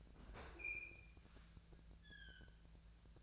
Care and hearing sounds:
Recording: daily activity, microphone in the room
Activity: open fridge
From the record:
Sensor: 2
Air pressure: 1009.7 hPa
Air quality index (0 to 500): 181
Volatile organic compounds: 10 ppm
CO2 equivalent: 2251 ppm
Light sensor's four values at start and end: 27/65/28/31 and 27/65/28/31

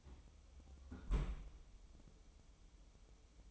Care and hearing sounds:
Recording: daily activity, microphone in the room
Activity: close fridge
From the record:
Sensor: 1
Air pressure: 988.4 hPa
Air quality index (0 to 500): 199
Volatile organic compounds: 1000 ppm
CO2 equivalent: 5326 ppm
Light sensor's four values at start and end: 28/103/39/40 and 28/103/39/40

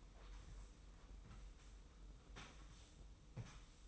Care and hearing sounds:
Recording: daily activity, microphone in the room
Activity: sweep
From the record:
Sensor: 1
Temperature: 25.3 degrees Celsius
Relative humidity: 44.0%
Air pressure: 990.5 hPa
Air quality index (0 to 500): 177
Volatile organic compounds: 1000 ppm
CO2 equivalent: 6527 ppm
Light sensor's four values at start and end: 29/67/28/31 and 28/66/28/31

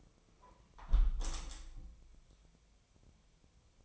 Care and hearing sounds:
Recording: daily activity, microphone in the room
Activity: close window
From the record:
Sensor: 1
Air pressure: 1014.9 hPa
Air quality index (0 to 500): 25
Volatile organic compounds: 0 ppm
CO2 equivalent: 504 ppm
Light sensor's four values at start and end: 11/26/10/12 and 11/25/10/11

